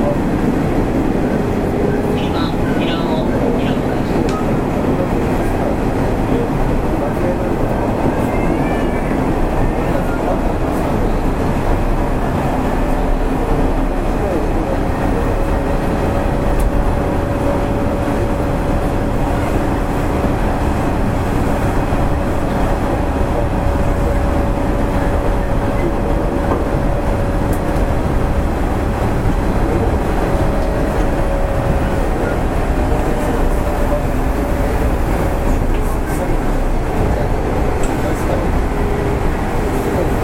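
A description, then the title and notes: A Nishitetsu 5000 series train runs with a steady, dense low rumble and rattling, a faint whine rising midway and brief voices early. 西鉄5000系 普通 二日市から薬院まで. 西日本鉄道 5000系電車の走行音です。 大牟田線の普通列車で録音しました。 It is running noise of Nishitetsu railway 5000 series train. I recorded on a local train at Omuta Line.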